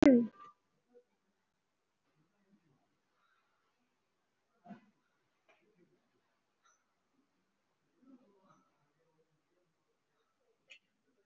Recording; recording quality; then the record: shallow breathing; moderate, slight background noise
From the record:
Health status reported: COVID-19 positive, moderate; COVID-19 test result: positive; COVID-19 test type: RT-PCR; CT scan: taken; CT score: 3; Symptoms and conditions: cough, cold, sore throat, fever, muscle pain, loss of smell and taste, another respiratory illness, hypertension, another condition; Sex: female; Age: 60 years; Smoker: no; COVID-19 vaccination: none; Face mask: worn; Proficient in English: no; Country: India